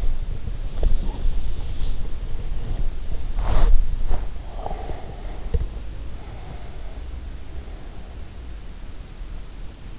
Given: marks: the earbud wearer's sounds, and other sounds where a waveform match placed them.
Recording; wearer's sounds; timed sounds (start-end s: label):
sounds in sleep by an in-ear microphone; body movement
0.00-5.56 s: body movement